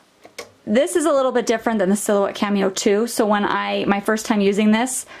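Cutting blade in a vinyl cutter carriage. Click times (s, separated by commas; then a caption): 0.4 s. After its depth is set, a cutting blade is pushed down and a locking piece is pushed in, locking the blade housing into a vinyl cutter's carriage. A short sharp click comes at 0.4 s, and then someone talks. The blade holder is locked into place.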